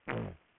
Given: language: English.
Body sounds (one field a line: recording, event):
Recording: throat vibration sensor signal played as sound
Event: throat clearing